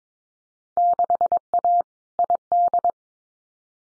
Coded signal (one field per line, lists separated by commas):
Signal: Morse code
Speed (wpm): 22 wpm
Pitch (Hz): 700 Hz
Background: none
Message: 6A ID